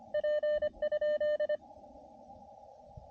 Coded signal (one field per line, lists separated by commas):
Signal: Morse code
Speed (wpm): 25 wpm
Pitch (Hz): 590 Hz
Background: none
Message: P?